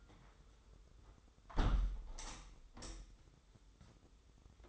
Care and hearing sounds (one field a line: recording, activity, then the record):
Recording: daily activity, microphone in the room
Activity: close window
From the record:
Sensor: 3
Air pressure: 995.7 hPa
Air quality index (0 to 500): 90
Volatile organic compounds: 10 ppm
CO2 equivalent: 2208 ppm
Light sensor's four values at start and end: 28/83/35/30 and 27/82/34/30